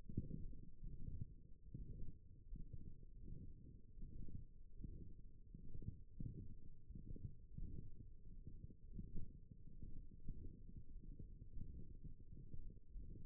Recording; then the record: forearm muscle sounds (acoustic myography)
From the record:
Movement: forearm supination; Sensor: system 1, eight BSWA MPA416 microphones around the upper forearm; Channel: 4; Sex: male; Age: 23 years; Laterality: right